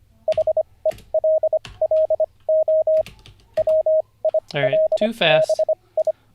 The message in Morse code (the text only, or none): HELLO WILBI